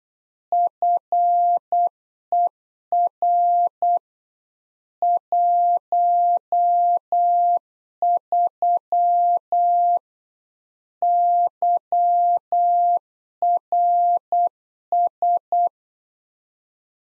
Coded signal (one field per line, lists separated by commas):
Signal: Morse code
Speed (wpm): 8 wpm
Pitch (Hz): 700 Hz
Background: none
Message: FER 13 YRS